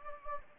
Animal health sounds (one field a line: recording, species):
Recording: mosquito wingbeat signal from an infrared sensor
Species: Anopheles gambiae